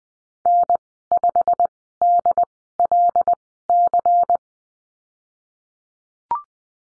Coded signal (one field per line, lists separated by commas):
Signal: Morse code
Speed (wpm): 20 wpm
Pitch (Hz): 700 Hz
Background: none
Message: N5DLC